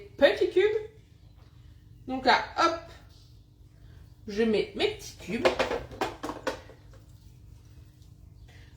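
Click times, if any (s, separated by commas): 6.5 s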